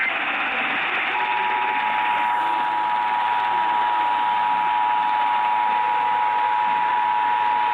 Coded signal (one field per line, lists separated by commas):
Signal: Emergency Alert System (SAME) tones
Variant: 853 and 960 Hz attention tone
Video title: 100 Radio Test! RMTs and RWTs from 6/16/21 (EAS 5092-5108)